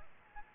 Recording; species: mosquito wingbeat signal from an infrared sensor; Aedes albopictus